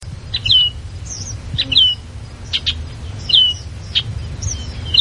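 Oriole calls: short slurred whistled notes repeated at irregular intervals over a steady low rumbling background noise.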